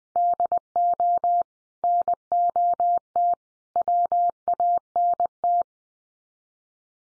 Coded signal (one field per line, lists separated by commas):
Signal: Morse code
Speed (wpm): 20 wpm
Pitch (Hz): 700 Hz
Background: none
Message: DO NOT WANT